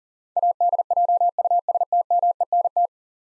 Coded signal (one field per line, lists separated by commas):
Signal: Morse code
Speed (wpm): 37 wpm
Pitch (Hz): 700 Hz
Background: none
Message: ADJUSTMENT